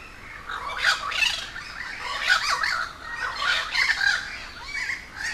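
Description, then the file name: Crows calling in a busy chorus, harsh overlapping squawks and gabbling notes rising and falling with no steady rhythm. A gathering of many crows recorded at Humboldt Park, Cuba. "Quiet American - aaron ximm-humbold park cuba-convocation of crows"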